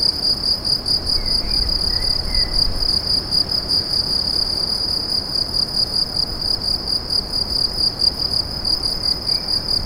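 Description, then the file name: Cricket chirping in an unbroken high trill of quick pulses. "grillons"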